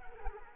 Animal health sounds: mosquito wingbeat signal from an infrared sensor; Anopheles arabiensis

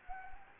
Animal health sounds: mosquito wingbeat signal from an infrared sensor; Anopheles gambiae

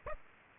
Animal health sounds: mosquito wingbeat signal from an infrared sensor; Aedes aegypti

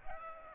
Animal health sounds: mosquito wingbeat signal from an infrared sensor; Aedes aegypti

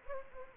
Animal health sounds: mosquito wingbeat signal from an infrared sensor; Anopheles gambiae

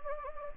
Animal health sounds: mosquito wingbeat signal from an infrared sensor; Anopheles gambiae

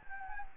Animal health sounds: mosquito wingbeat signal from an infrared sensor; Anopheles gambiae

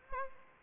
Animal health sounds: mosquito wingbeat signal from an infrared sensor; Anopheles gambiae

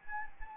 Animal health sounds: mosquito wingbeat signal from an infrared sensor; Anopheles arabiensis

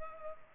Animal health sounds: mosquito wingbeat signal from an infrared sensor; Culex pipiens

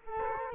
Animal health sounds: mosquito wingbeat signal from an infrared sensor; Culex quinquefasciatus

